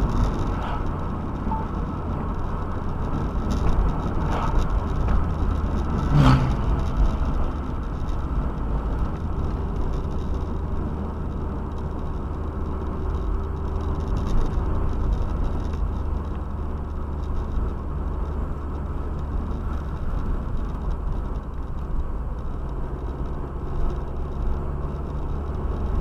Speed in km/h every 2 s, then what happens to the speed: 80, 78, 77, 67, 62, 58, 59, 59, 56, 54, 53, 51, 53.
0-21 slows to 51.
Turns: none.